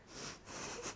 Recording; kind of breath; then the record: one breath in and out by a microphone near the nose and mouth; strong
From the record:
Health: marked as sick, illness not named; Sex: female